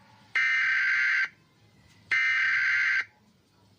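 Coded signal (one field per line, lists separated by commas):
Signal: Emergency Alert System (SAME) tones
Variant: header bursts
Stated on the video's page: Emergency Alert System alarms made with KineMaster.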